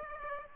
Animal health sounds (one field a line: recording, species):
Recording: mosquito wingbeat signal from an infrared sensor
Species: Aedes aegypti